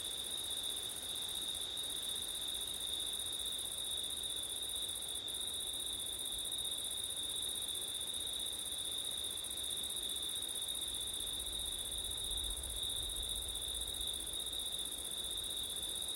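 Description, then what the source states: Cricket chorus of high trilling at two steady pitches, the higher briefly breaking twice, with a soft low rumble of wind swelling near the end. Crickets at night in September, with wind; ORTF stereo recording.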